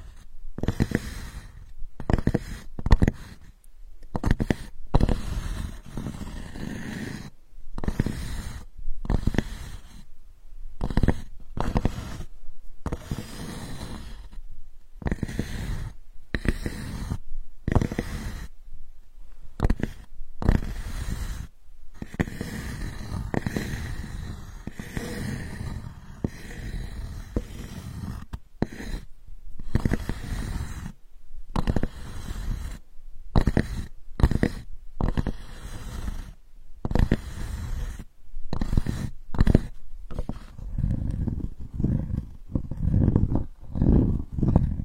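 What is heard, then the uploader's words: Sandalwood tapping heard as dull, low, muffled bursts that come in irregular clusters, each lasting under a second, separated by brief silences. The pattern keeps going for the full length, with a faint thin ring above the thuds and no other sounds. Healing sandalwood tapping experience SPA.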